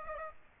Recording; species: mosquito wingbeat signal from an infrared sensor; Aedes aegypti